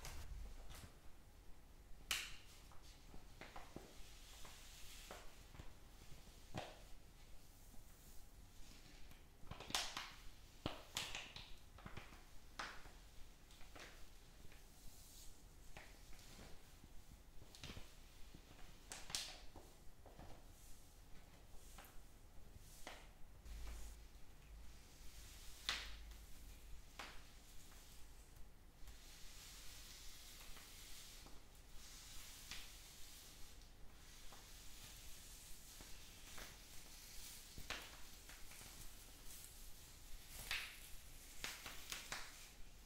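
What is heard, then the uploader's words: Quiet handling sounds from a zen garden: soft sandy scrapes and crisp little taps arrive every second or two, with sharper knocks near 2, 10, 19 and 26 seconds. Behind them it stays hushed, with only a faint low hum. ASMR Zen Garden Relaxation No Talking ICNBUYS.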